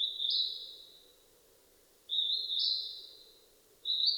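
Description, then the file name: Northern hawk-cuckoo call: two long, piercing whistles that step up in pitch and fade slowly, then the start of a third, over faint low hum. 15 May 2007 at 18:36. "jyuuiti 20070515 1836"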